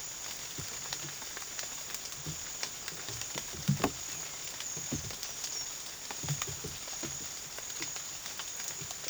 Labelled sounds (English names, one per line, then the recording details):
none
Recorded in pastures near Puerto Asís, Putumayo, Colombia, on 12 March 2025 at 08:30
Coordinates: 0.487, -76.322
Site G077